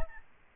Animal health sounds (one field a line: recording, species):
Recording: mosquito wingbeat signal from an infrared sensor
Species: Aedes albopictus